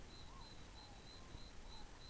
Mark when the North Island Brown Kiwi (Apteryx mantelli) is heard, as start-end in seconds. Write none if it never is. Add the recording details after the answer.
none. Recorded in New Zealand on 11 December 2014. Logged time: 22:44. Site CF20